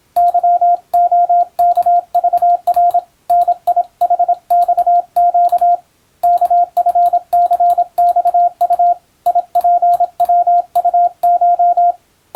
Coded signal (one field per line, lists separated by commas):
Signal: Morse code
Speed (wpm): 27 wpm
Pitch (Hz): 700 Hz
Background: radio noise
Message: YOKVR NIHXQ KFCXU IPWUCH